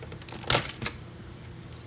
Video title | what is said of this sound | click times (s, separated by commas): Rampage Reciprocating In-Line Clip | and it just snaps right in | 0.5 s